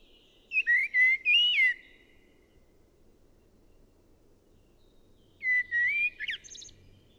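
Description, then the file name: Common blackbird song: two mellow fluted phrases, each a warbling whistle ending in squeakier twittering notes, separated by a pause of several seconds. "Turdus merula"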